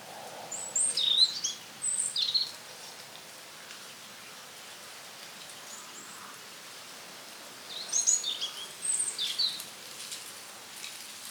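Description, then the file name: European robin song: two short bursts of thin, very high twittering notes several seconds apart over a steady background hiss. "Erithacus rubecula"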